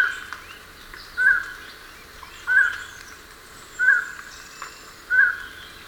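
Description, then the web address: Highland tinamou: four short notes spaced regularly about 1.3 seconds apart, with hiss behind. Recorded in Ecuador. "Birds of Ecuador. Highland Tinamou"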